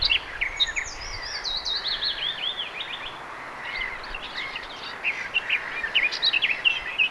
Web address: paivat 2 6 2025 myos tuollainen laulava lehtokerttu